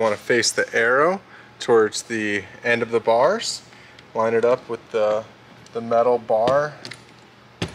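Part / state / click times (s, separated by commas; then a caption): fitting onto metal crossbar / seated / 7.6 s. Someone talks while an end piece is lined up on a Yakima HD metal crossbar for Baseline towers, with its arrow facing the end of the bar. The piece is pushed on and snaps into place with a sharp click at 7.6 s, showing it has seated.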